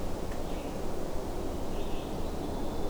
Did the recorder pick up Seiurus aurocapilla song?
no